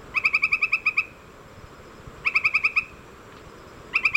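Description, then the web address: Northern white-crowned tapaculo giving rapid bursts of about six to eight clipped, pulsed notes, separated by gaps of over a second, against a quiet background. Ecuador. "S America Birds of Ecuador. Northern White-crowned Tapaculo"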